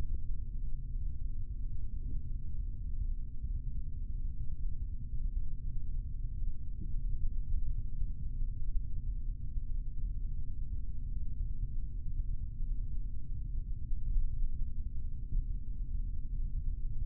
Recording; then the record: forearm muscle sounds (acoustic myography)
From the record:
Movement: rest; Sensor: system 3, bracelet of six PUI Audio POM-2738L microphones around the upper forearm, with dedicated amplification and filtering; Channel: 1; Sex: male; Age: 26 years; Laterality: right